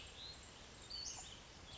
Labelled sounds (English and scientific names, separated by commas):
Western Flycatcher (Empidonax difficilis)